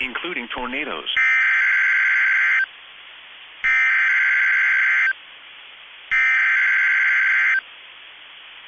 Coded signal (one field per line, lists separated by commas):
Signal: Emergency Alert System (SAME) tones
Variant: header bursts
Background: speech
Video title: SVR On KIG86 3/14/24 (EAS #2274)